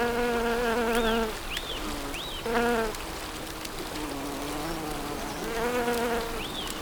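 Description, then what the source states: Bee buzzing passes three times, loud and harmonic-rich, between which a bird gives rising-falling chirps over a steady watery rush. Bees in spring, with water.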